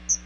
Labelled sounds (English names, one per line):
Chestnut-sided Warbler flight call